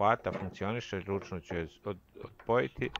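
On a Fiat Grande Punto with a newly fitted tailgate lock, the lock is handled to test whether it catches onto its striker before the interior trim panel is refitted. Only someone talking is heard. The lock has not latched yet, and nothing has clicked or seated.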